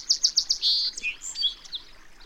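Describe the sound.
Bird song: four quick high notes, a buzzy trill, then a string of varied chirps fading out, over a hissy background.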